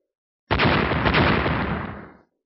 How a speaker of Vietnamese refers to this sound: Tiếng nổ vô biên vô hạn không ngừng vang vọng ở trên bầu trời.